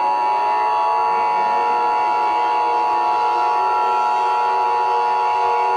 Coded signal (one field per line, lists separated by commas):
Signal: Emergency Alert System (SAME) tones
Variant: 853 and 960 Hz attention tone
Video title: (Part 2) EAS Short Scenario 59 - The Witch attacks New England